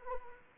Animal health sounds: mosquito wingbeat signal from an infrared sensor; Anopheles arabiensis

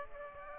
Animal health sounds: mosquito wingbeat signal from an infrared sensor; Aedes aegypti

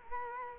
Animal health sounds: mosquito wingbeat signal from an infrared sensor; Culex quinquefasciatus

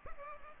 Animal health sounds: mosquito wingbeat signal from an infrared sensor; Culex pipiens

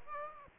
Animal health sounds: mosquito wingbeat signal from an infrared sensor; Aedes aegypti

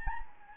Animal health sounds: mosquito wingbeat signal from an infrared sensor; Anopheles gambiae

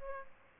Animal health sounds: mosquito wingbeat signal from an infrared sensor; Aedes albopictus

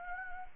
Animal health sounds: mosquito wingbeat signal from an infrared sensor; Anopheles arabiensis

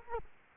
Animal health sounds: mosquito wingbeat signal from an infrared sensor; Culex quinquefasciatus

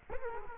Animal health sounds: mosquito wingbeat signal from an infrared sensor; Culex quinquefasciatus

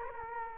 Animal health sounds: mosquito wingbeat signal from an infrared sensor; Culex quinquefasciatus

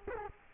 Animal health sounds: mosquito wingbeat signal from an infrared sensor; Culex quinquefasciatus

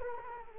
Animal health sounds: mosquito wingbeat signal from an infrared sensor; Culex quinquefasciatus

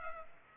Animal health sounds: mosquito wingbeat signal from an infrared sensor; Culex pipiens

